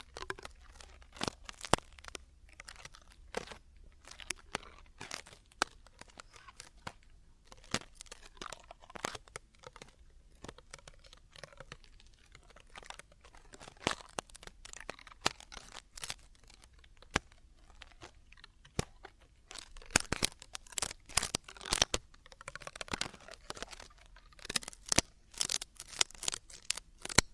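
Traditional Chinese ear cleaning, heard as a dense run of sharp scratching, crinkling and scraping clicks scattered irregularly over the whole length. The bursts come faster and louder after about twenty seconds, over a faint low hum.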